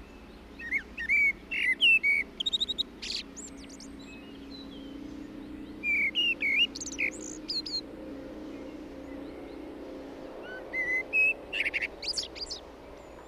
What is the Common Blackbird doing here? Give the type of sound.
song